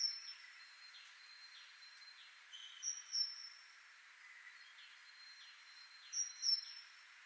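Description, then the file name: Great tit calls, high thin paired notes given twice about three seconds apart, over a steady high insect drone with soft rhythmic pulses. "Parus major"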